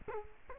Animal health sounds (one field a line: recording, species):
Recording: mosquito wingbeat signal from an infrared sensor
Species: Culex quinquefasciatus